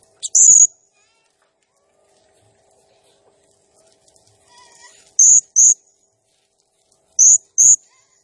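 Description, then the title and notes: Blue-crowned hanging parrot calls: one loud, piercing high squeak, then two well-spaced pairs of them, with a soft fluttering noise before the first pair. Singing energetically (gacor, nembak style); recording used as masteran (training sound) and lure for birds, said to stir up all birds. "Burung Serindit Nembak Gacor Bikin Emosi Semua Burung. Suara Nasteran Dan Pemikat Burung Serinditan Gacor"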